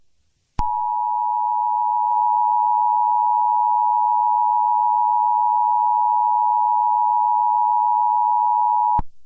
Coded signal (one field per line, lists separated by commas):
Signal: Emergency Alert System (SAME) tones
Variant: 853 and 960 Hz attention tone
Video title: EAS Scenario #10: Barney Error